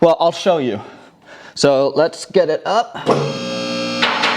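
Someone talks, then at about 3.1 s a steady, tonal hum begins as a Chinese-made 10,000 lb two-post vehicle lift starts to rise. The steel safety latches on the lift columns have not yet dropped into their stops, so nothing has clicked yet.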